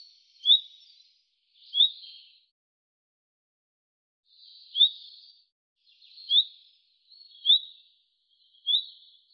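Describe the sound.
Bird calls, short rising chirps repeated about every one to one and a half seconds, six in all, with a gap in the middle; otherwise quiet.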